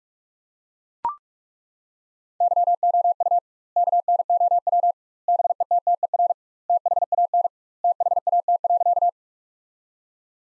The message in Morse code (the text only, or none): YOU KNOW BETTER THAN THAT.